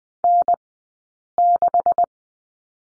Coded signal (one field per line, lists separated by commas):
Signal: Morse code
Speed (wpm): 20 wpm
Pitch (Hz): 700 Hz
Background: none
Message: N6